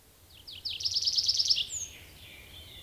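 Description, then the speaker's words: Tree Pipit song: a few descending notes accelerating into a loud, rapid trill of sharp repeated chips, then a thin descending whistle. Fourth most common bird in Finland; sings this phrase in a song flight or from a tree branch; field recording from Finland. "Tällaisen säkeen esittää laululennossa tai puun oksalta metsäkirvinen."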